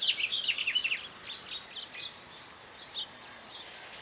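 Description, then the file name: Cedar waxwing's high, thin notes recur throughout, with bursts of lower, fast descending chirps at the start and in the middle. "Cedar Waxwing Bombycilla cedrorum"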